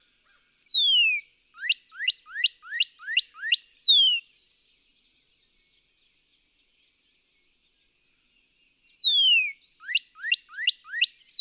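Northern cardinal song: a down-slurred whistle, five rising whistled notes and a closing slur, silence, then the phrase begins again.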